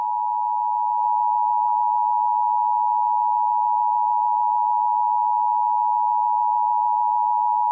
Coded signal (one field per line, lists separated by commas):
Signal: Emergency Alert System (SAME) tones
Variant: 853 and 960 Hz attention tone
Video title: Hello Neighbor EAS Scenario